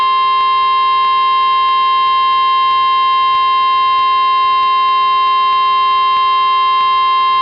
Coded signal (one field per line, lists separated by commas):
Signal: Emergency Alert System (SAME) tones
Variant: 1050 Hz attention tone